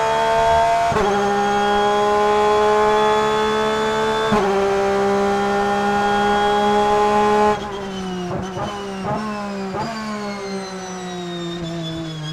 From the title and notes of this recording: Porsche 911 RSR In-Car Audio, Charlotte 2020.